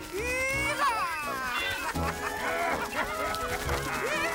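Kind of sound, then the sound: bird, birds calling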